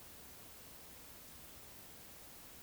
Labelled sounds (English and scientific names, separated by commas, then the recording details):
Eurasian Woodcock (Scolopax rusticola) whistle
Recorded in Baden-Württemberg, Germany, on 31 May 2021 at 20:05 UTC
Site 24606, 635 m above sea level